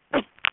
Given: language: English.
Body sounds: throat vibration sensor signal played as sound; cough

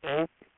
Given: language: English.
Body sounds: throat vibration sensor signal played as sound; speech

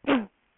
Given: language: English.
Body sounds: throat vibration sensor signal played as sound; cough

